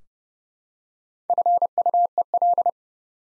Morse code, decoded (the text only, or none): FUEL